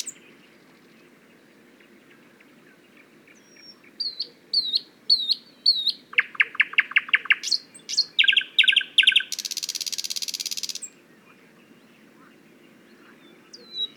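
Thrush nightingale song: high whistled notes, then a run of loud repeated clicking notes and a fast buzzy rattle lasting about two seconds, then quiet.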